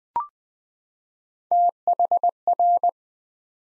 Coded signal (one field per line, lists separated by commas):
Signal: Morse code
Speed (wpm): 20 wpm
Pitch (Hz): 700 Hz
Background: none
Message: THR